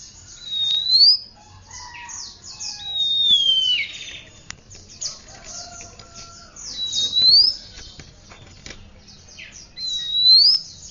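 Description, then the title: Oriental magpie-robin song: loud rising and falling whistles mixed with rapid high chattering phrases, several clear upslurred whistles repeated across the passage. "Kacer"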